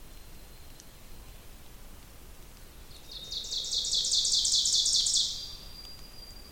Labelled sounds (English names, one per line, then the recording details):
Ovenbird song
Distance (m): 20 m
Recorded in boreal forest in Alberta, Canada, on 2 June 2016 at 06:45
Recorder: SongMeter 3, array SBT-3-7
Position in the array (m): 193 m, 4 m
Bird 6